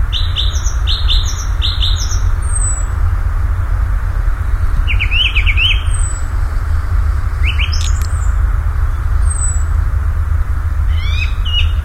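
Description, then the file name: Common nightingale delivering bursts of rapid rising whistles and chattering trills, a thin high whistle recurring between phrases, over a continuous low rumble. "Nachtigall"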